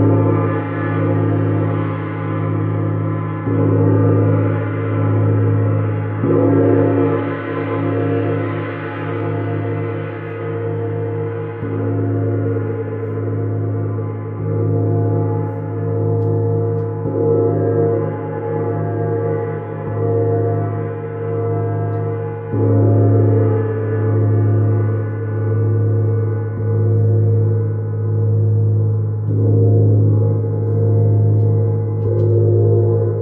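A gong hums continuously, a deep, rich drone with many ringing overtones layered above a low rumble. Fresh strokes renew the sound every three seconds or so, each swelling gently before blending into the next, keeping the level steady throughout with brighter shimmer fading slightly near the end.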